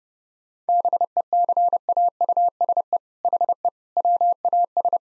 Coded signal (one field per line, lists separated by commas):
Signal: Morse code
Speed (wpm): 30 wpm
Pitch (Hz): 700 Hz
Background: none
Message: BECAUSE HE WAS